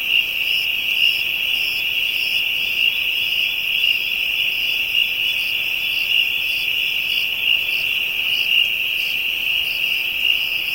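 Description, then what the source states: Insects produce a sustained shrill drone alongside pulsed chirping higher up, which swells slightly in places. Insects in Africa, ambient soundscape.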